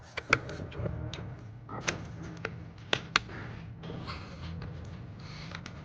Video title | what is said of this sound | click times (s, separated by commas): Boosted LS shitbox hits the road | Put the spark plug wires on. Listen for the click. | 0.3 s, 2.9 s, 3.2 s